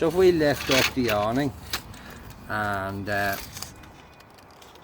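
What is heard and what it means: Someone talks while handling the awning support leg lock on a 2010 Autosleeper motorhome awning, lifting the awning before the small lock is flipped up to hold the leg in position. A couple of brief sharp knocks sound near the end, but nothing has seated or clicked into place yet.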